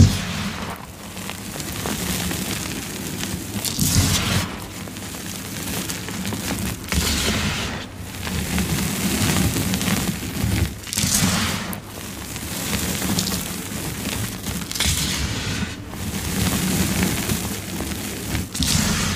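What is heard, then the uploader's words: Powdery chalk and iron oxide are crushed in a steady run of soft crunches and gritty bursts, with brief pauses around four and eleven seconds. Black Iron Oxide & Yellow Glitter Mix. ASMR satisfying crushing reformed gym chalk and synthetic black iron oxide powder.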